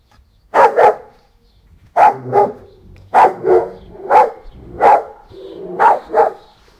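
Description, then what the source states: Pit bull giving loud, gruff barks, mostly in doubled pairs, with faint low rumbling between some of them. A big, angry dog.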